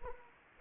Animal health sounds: mosquito wingbeat signal from an infrared sensor; Anopheles arabiensis

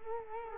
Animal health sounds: mosquito wingbeat signal from an infrared sensor; Culex quinquefasciatus

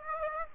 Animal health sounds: mosquito wingbeat signal from an infrared sensor; Aedes aegypti

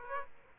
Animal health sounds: mosquito wingbeat signal from an infrared sensor; Aedes aegypti

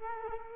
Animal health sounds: mosquito wingbeat signal from an infrared sensor; Culex quinquefasciatus

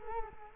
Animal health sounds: mosquito wingbeat signal from an infrared sensor; Culex quinquefasciatus

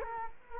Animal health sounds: mosquito wingbeat signal from an infrared sensor; Culex quinquefasciatus

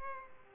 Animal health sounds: mosquito wingbeat signal from an infrared sensor; Culex pipiens

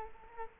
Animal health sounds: mosquito wingbeat signal from an infrared sensor; Culex quinquefasciatus

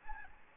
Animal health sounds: mosquito wingbeat signal from an infrared sensor; Aedes albopictus

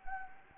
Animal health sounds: mosquito wingbeat signal from an infrared sensor; Anopheles gambiae

